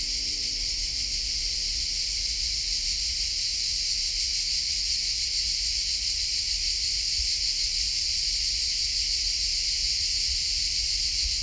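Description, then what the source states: Crickets singing a dense, steady, high-pitched trill that never pauses. Different types of crickets singing differently in Collserola natural park during a heat wave, walking toward a pine wood; recorder with hypercardioid microphone.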